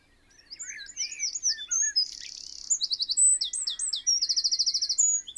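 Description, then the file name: Eurasian wren song, a fast, loud outpouring of high chattering notes and buzzy rattling trills that runs almost continuously. "Troglodytes troglodytes"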